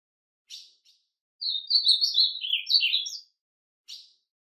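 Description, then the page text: Ultramarine grosbeak singing one rich, warbling phrase that wanders downward, framed by brief sharp call notes at the start and end. "Azulão Bom De Canto! #azulão"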